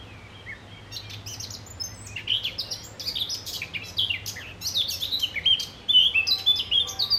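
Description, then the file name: Eurasian blackcap warbling, starting softly and building into a louder run of bright whistled and twittering notes over a low hum. "Sylvia atricapilla"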